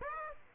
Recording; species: mosquito wingbeat signal from an infrared sensor; Aedes aegypti